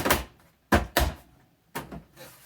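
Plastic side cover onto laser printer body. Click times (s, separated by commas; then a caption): 1.0 s. The screwless plastic right-side cover of an HP MFP 179fnw laser printer is pushed back onto the printer body after its tab is fitted inside the front door. A series of sharp plastic knocks and thumps is heard, with a loud snap at 1.0 s. The cover snaps into place and is seated.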